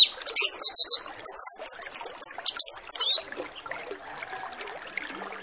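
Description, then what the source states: Orange-headed Thrush delivering rapid, high, twittering song phrases for about three seconds, then only a steady hiss remains. Master lure recording of Orange-headed Thrush full song packed with fill phrases, meant to prompt birds to sing quickly and openly.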